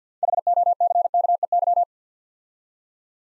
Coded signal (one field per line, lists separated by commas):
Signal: Morse code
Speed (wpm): 51 wpm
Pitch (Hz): 700 Hz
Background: none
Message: HOCKEY